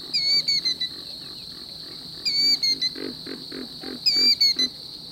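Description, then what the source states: Killdeer alarm calls: piercing high downslurred notes in short bursts, repeated about every two seconds, over a steady insect drone and low pulsing frog calls. Alarmed killdeer calling at midnight in a southern marsh, rising above a busy nocturnal ambience.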